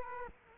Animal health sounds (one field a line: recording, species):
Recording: mosquito wingbeat signal from an infrared sensor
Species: Culex quinquefasciatus